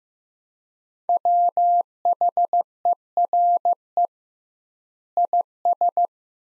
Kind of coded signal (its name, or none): Morse code